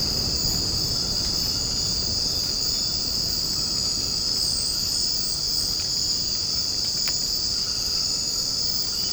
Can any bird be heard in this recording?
no